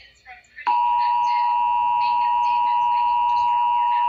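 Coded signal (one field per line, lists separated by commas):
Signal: Emergency Alert System (SAME) tones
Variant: 853 and 960 Hz attention tone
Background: speech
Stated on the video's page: Pennsylvania Required Monthly Test relayed by FM radio stations, a Trilithic EASyCAST relay, an Xfinity cable box and stream, and Philadelphia and Lancaster TV stations.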